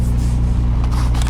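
With the trailer tandem slider pin handle released, a truck backs up slowly under a steady low engine rumble until the steel locking pins of the tandem axle slider drop into the holes in the slider rail. A sharp metallic click at 1.2 s marks the pins locking in, and the slider is seated.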